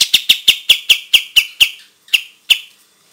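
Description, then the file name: White-shouldered triller uttering a series of crisp, high notes, quick at first, then two spaced-out notes at the end. "suara-kapas-tembak-versi 1"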